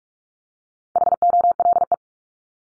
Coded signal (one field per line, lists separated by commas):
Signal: Morse code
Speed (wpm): 44 wpm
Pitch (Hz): 700 Hz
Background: none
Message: HOLE